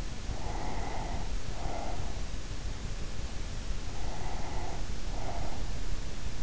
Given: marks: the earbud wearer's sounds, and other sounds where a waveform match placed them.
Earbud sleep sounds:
sounds in sleep by an in-ear microphone; breath
0.00-2.56 s: breath
3.96-6.11 s: breath

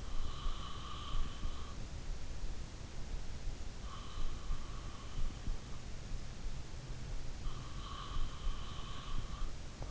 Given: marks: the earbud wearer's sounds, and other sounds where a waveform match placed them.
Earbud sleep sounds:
sounds in sleep by an in-ear microphone; breath
0.00-2.63 s: breath
7.52-9.39 s: breath

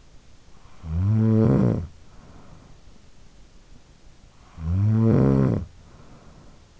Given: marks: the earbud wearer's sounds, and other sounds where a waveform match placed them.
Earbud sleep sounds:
sounds in sleep by an in-ear microphone; snoring breath
0.35-3.13 s: snoring breath
4.21-6.80 s: snoring breath

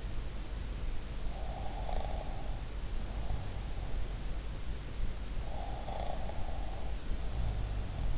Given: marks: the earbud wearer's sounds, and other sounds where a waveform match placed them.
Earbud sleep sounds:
sounds in sleep by an in-ear microphone; snoring breath
1.55-3.79 s: snoring breath
5.49-8.18 s: snoring breath

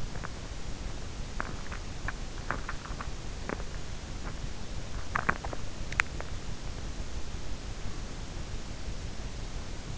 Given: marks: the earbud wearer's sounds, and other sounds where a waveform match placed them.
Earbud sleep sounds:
sounds in sleep by an in-ear microphone; teeth grinding
0.00-6.51 s: teeth grinding

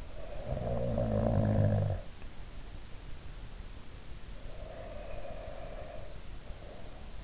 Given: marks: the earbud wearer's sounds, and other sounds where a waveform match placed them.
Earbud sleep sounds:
sounds in sleep by an in-ear microphone; snoring breath, breath
0.00-2.17 s: snoring breath
4.46-7.15 s: breath

